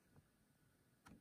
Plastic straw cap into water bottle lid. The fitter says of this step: just push it and it snaps back into locked position so those are the two modes as out and